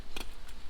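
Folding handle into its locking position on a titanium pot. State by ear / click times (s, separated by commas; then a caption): seated / 0.2 s. The folding handle of a titanium cook pot is pulled up and slid across into its locking upright position, giving a short sharp tick at 0.2 s. The handle locks in place and stays up.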